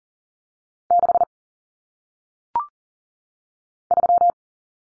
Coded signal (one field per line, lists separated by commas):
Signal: Morse code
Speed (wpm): 40 wpm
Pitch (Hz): 700 Hz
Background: none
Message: 6 3